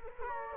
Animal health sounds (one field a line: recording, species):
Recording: mosquito wingbeat signal from an infrared sensor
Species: Culex quinquefasciatus